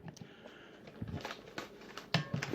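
A click-type torque wrench set to 180 inch-pounds re-checks a connecting rod cap bolt on a 1972 Evinrude 25 HP outboard engine for a second time to make sure it is properly torqued. After a few faint taps and ratchet-like ticks, the wrench gives a sharp click at 2.1 s, followed by a couple of softer knocks. The bolt is confirmed at torque.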